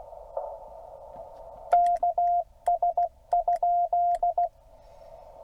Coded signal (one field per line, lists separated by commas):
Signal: Morse code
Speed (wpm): 16 wpm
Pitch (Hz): 700 Hz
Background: none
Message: KS?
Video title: POTA at Haynes Bottom, TN 12 Feb